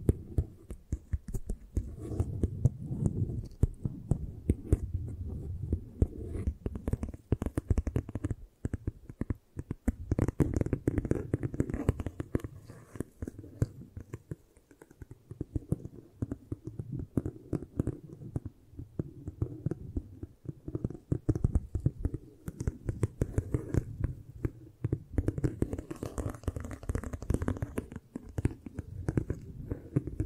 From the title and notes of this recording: ASMR Hypnotic Triggers for Sleep 3D Eye Massage, Tapping, Scratching (No Talking).